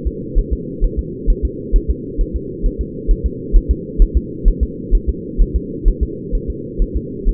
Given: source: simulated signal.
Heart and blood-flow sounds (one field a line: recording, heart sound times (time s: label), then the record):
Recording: fetal heart sounds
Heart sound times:
0.07 s: S2
0.39 s: S1
0.53 s: S2
0.84 s: S1
0.99 s: S2
1.30 s: S1
1.45 s: S2
1.76 s: S1
1.90 s: S2
2.21 s: S1
2.36 s: S2
2.66 s: S1
2.81 s: S2
3.11 s: S1
3.26 s: S2
3.56 s: S1
3.71 s: S2
4.02 s: S1
4.17 s: S2
4.48 s: S1
4.63 s: S2
4.95 s: S1
5.09 s: S2
5.41 s: S1
5.56 s: S2
5.88 s: S1
6.03 s: S2
6.35 s: S1
6.50 s: S2
6.82 s: S1
6.97 s: S2
7.29 s: S1
From the record:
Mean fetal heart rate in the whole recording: 130 bpm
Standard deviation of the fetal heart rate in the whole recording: 2 bpm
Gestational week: 38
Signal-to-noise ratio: -4.1 dB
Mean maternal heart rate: no maternal heart sound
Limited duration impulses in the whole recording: absent